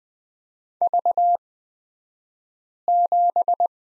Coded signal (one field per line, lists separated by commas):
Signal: Morse code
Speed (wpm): 20 wpm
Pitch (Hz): 700 Hz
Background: none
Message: V7